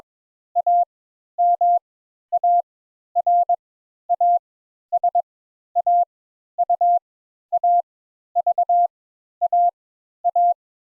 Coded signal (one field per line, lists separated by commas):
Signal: Morse code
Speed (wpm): 21 wpm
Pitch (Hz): 700 Hz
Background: none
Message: A M A R A S A U A V A A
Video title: Morse Code Introductory Lesson 4 Letters A and N